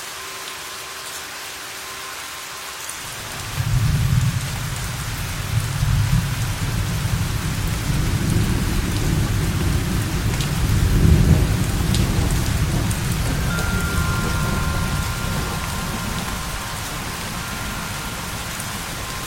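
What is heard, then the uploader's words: Steady rain hisses throughout, and a deep rolling rumble of thunder swells in just before four seconds, lingering until around thirteen seconds before easing off. Faint, thin chime tones ring softly at the start and again during the last six seconds. The wind chime that heals in rainy days.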